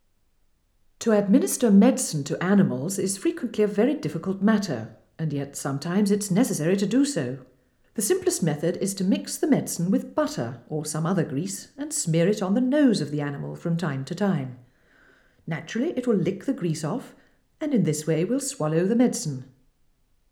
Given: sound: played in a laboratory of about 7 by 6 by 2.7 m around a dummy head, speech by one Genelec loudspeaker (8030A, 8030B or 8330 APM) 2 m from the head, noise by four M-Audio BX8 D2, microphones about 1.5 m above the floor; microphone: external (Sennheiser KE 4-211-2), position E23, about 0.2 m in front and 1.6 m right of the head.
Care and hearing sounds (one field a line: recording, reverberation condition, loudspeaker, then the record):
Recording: female speech in English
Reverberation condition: medium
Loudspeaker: 90 degrees to the right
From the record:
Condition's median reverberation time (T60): about 510 ms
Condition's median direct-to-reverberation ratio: about -0.5 dB